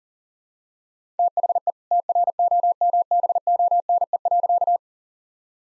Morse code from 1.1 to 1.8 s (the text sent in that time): THE